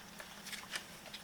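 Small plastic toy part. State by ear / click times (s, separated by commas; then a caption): not seated / none. The plastic missile launcher on a Mattel Justice League Knightcrawler toy vehicle is being moved by hand toward its position, with quiet plastic handling noises and a brief, sharper tick near 0.8 s. The launcher has not yet clicked into place; nothing has seated.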